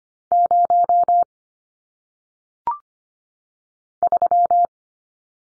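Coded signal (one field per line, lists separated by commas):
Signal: Morse code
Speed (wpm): 25 wpm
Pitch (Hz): 700 Hz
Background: none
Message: 0 3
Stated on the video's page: Single-digit numbers sent in Morse at 25 wpm for head-copy practice, each sent, spoken, then sent again.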